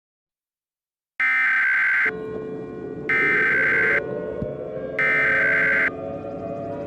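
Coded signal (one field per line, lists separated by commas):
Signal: Emergency Alert System (SAME) tones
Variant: header bursts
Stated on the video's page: Fictional EAS scenario alert for an asteroid impact, made for entertainment and not broadcast; the tones may be valid and are loud.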